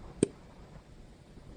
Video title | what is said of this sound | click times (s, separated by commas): Simple Fix for a noisy and woobly toothbrush #philipssonicare #electrictoothbrush #sonicare | Once the clips are released, the base cap will detach and pop out on its own. | 0.2 s